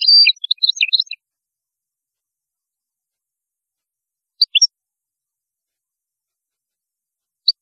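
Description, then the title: European goldfinch song: a quick burst of high twittering notes in the first second, then a few isolated chips later amid silence. "Chant Chardonneret"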